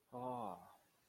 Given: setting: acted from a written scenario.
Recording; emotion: vocal sound without words; desire